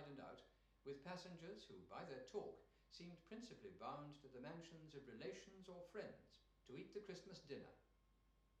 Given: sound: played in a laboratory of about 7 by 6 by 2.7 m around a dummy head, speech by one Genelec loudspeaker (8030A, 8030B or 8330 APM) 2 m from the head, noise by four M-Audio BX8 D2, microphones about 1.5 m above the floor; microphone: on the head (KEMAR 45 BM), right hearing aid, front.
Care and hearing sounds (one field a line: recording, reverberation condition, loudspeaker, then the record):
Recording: male speech in English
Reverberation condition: medium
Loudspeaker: 120 degrees to the right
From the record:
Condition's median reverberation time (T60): about 510 ms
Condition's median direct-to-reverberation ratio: about -0.5 dB